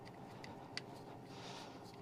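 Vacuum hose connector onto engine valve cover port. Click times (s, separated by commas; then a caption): 0.8 s. A vacuum line's plastic connector is pushed down onto its port on the valve cover of an LS 5.3 engine after a PCV repair for oil consumption, locking in place on its own. Two faint ticks come near 0.1 and 0.4 seconds, then a sharp click at 0.8 seconds marks the connector seating, all over a steady low background hum.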